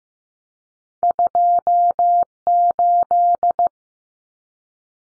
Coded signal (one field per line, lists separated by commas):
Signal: Morse code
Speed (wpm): 15 wpm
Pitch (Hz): 700 Hz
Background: none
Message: 28